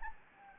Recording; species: mosquito wingbeat signal from an infrared sensor; Anopheles gambiae